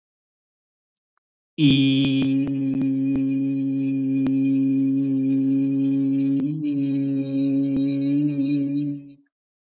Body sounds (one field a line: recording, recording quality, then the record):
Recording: sustained vowel as in beet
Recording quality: excellent, no background noise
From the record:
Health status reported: healthy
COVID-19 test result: not tested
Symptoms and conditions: none ticked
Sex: male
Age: 31 years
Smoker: not ticked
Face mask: not worn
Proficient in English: yes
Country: India